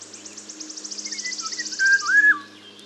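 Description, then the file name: Eurasian golden oriole song, two mellow fluting whistles, after a long high buzzy trill. "Mathias Ritschard - Obyknovennaya ivolga Oriolus oriolus (Zvyki com)"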